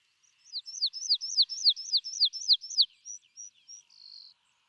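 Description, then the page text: Rosy pipit song: a rapid series of sharp, high, downslurred notes, then a few thin separated chips ending in a brief buzzy note. Recorded in Ladakh. "rosy pipit – Birds of Ladakh"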